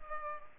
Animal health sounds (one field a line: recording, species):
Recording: mosquito wingbeat signal from an infrared sensor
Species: Culex pipiens